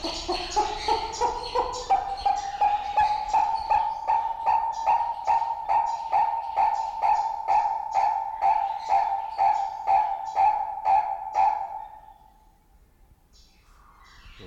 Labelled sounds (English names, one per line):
Purple-crested Turaco call